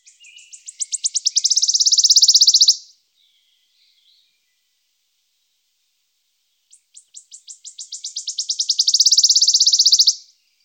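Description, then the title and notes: Wood warbler song: two high, accelerating series of ticking notes that run into a shivering, sibilant trill, each lasting about three seconds, with a pause between them. Recorded in Germany, Austria or Switzerland. "Waldlaubsänger. Sounds of birds from Germany, Austria, Switzerland"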